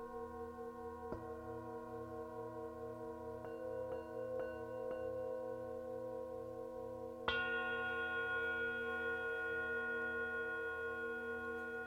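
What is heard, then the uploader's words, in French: A gong bath: a dense, steady wash of long ringing metal tones sustains throughout, with a low pulsing hum underneath. Soft strikes land near one second and in a quick cluster around three to five seconds, then a stronger hit at about seven seconds brightens and swells the ringing. Un bain de gong.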